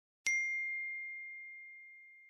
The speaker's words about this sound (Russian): Входящее сообщение на телефон. Опять Андрей что-то написал. Я с улыбкой взяла мобильник, открыла сообщение, а там с неизвестного номера висело.